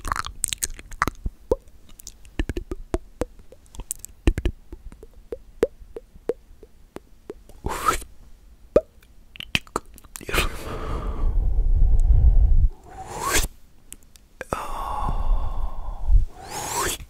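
Mouth sounds: a run of small wet clicks and plops through the first eight seconds, scattered and irregular, with a few sharper pops. After about ten seconds come longer breathy blowing and rushing sounds, one heavy and low-rumbling, separated by brief quiet gaps.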